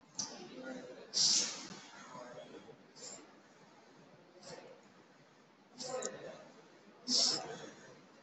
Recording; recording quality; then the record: shallow breathing; moderate, slight background noise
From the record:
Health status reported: COVID-19 positive, moderate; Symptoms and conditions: cough, cold, breathing difficulty, sore throat, fever, loss of smell and taste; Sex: male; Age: 23 years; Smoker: not ticked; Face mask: not worn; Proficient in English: yes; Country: India